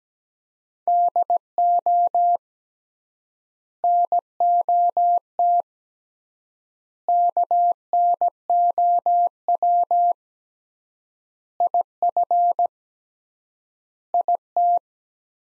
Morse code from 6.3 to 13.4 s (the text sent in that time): KNOW IF